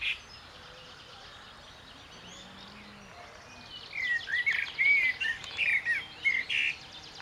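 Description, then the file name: Common blackbird, quiet at first, then a lively series of whistled chirps over the last three seconds. "Turdus merula"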